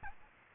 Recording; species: mosquito wingbeat signal from an infrared sensor; Aedes albopictus